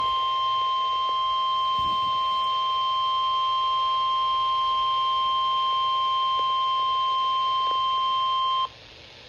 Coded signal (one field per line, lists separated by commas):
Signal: Emergency Alert System (SAME) tones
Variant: 1050 Hz attention tone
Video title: (EAS #10) Here’s to another VEF FFW